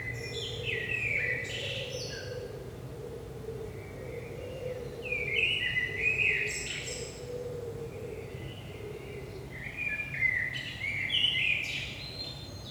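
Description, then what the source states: Common blackbird song: several melodious fluted phrases with twittering ends, separated by short pauses, plus a continuous mid-pitched drone and low hum. Blackbird singing early morning, 5 am, Saint-Gilles, Belgium; recorded with DPA 4060 microphones in AB position into a Zoom F3.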